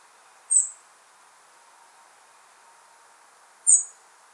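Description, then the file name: European robin giving two very high, thin, brief call notes about three seconds apart, with a faint low hum in between. "Erithacus rubecula"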